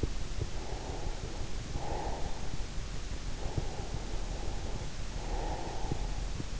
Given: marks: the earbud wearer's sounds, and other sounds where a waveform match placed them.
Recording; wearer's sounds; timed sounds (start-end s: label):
sounds in sleep by an in-ear microphone; breath
0.18-2.78 s: breath
3.30-6.55 s: breath